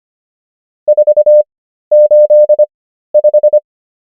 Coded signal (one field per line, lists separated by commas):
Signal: Morse code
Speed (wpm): 25 wpm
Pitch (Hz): 600 Hz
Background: none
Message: 485